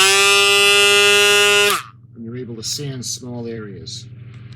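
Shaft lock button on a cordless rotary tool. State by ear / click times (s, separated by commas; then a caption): not seated / none. A Dynamic cordless rechargeable high-speed rotary tool from a 60-piece kit runs with a loud, steady buzzing whine for about 1.7 seconds, then winds down and stops. Someone then talks as the tool's shaft is about to be turned with the shaft lock button held so it can click into place and the cap can be loosened. The clip ends before that happens, so nothing has clicked or seated yet.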